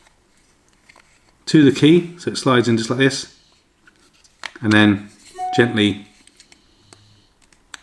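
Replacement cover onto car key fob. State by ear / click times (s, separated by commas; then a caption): seated / 7.7 s. A replacement cover is slid onto a Polestar 2 plastic car key fob and gently pushed up while someone talks, with faint handling ticks in between. It snaps into place with a sharp click at 7.7 s.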